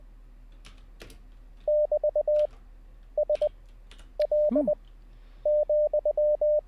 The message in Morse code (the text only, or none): <BT>SL,